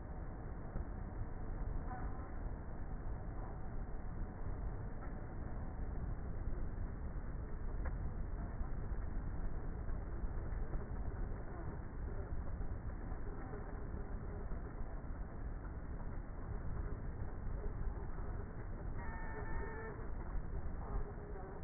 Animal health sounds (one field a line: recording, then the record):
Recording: honeybee colony, microphone inside the hive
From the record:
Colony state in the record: queenless with a low population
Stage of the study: before two queens were removed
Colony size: about 30,000 bees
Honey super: no